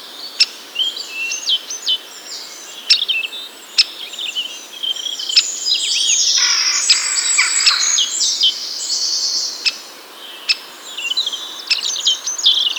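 Birdsong of high chirps and quick twittering phrases, several sharp clicks, and a dense buzzy burst in the middle.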